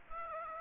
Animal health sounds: mosquito wingbeat signal from an infrared sensor; Aedes aegypti

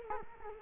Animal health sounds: mosquito wingbeat signal from an infrared sensor; Culex quinquefasciatus

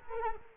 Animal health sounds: mosquito wingbeat signal from an infrared sensor; Culex quinquefasciatus

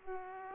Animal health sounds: mosquito wingbeat signal from an infrared sensor; Aedes aegypti

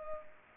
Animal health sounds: mosquito wingbeat signal from an infrared sensor; Culex pipiens

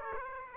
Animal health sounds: mosquito wingbeat signal from an infrared sensor; Aedes aegypti

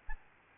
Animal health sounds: mosquito wingbeat signal from an infrared sensor; Aedes albopictus

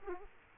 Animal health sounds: mosquito wingbeat signal from an infrared sensor; Aedes aegypti

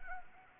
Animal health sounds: mosquito wingbeat signal from an infrared sensor; Anopheles arabiensis

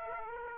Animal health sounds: mosquito wingbeat signal from an infrared sensor; Aedes aegypti

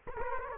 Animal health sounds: mosquito wingbeat signal from an infrared sensor; Culex quinquefasciatus

